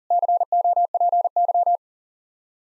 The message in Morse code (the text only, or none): COPY